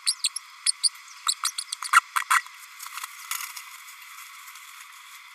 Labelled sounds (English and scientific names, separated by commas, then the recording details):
Green-rumped Parrotlet (Forpus passerinus) babbling
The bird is a female
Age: 32 days
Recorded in a nest box in Venezuela
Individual 17B32A5